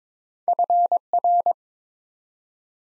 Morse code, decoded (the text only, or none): FR